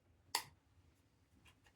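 An internal part is pressed into the gearbox shell of an Army Armament R907 Raptor airsoft gun, after the gearbox parts were reworked. A loud, sharp click sounds at 0.3 s, followed by faint ticks near 1.5 s and 1.7 s. The part is seated with its final click.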